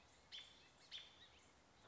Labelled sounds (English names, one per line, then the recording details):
American Robin
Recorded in Sonoma County, California